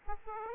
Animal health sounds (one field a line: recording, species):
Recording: mosquito wingbeat signal from an infrared sensor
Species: Aedes aegypti